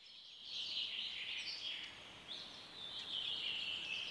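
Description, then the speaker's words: Common Redpoll calls, a faint, high, continuous chattering twitter over a soft steady hiss. Described as a soft whispering or rustling sound as it flies over; a buzzing twittering can also be heard. "Tällainen ääni kuuluu urpiaisesta."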